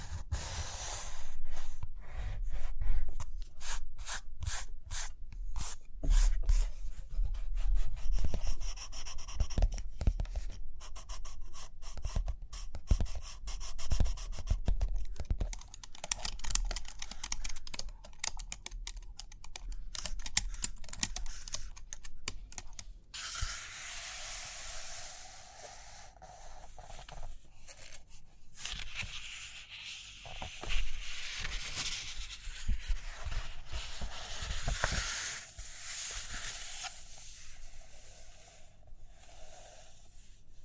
Page Turning and Tapping, Writing, Drawing